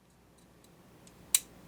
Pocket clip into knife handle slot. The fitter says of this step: you hear the the positive click now in um kind of you